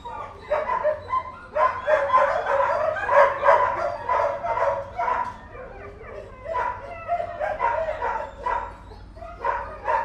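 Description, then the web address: Dogs barking together in a rapid, overlapping chorus of loud woofs, with brief lulls before the barking picks up again. "Tom Hutchings Dogs Barking"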